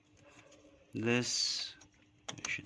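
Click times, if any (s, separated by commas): 2.3 s, 2.4 s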